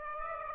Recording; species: mosquito wingbeat signal from an infrared sensor; Aedes aegypti